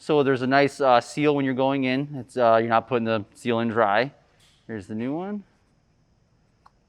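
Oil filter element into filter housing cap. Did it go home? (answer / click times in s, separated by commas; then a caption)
yes / 6.7 s. Someone talks while working on the oil filter of a 2017 BMW M2 F87 during an oil change, then goes quiet as a new oil filter element is pressed into the plastic filter housing cap. A short, sharp click at 6.7 s marks the element popping in and seating in the cap, the same as the old one.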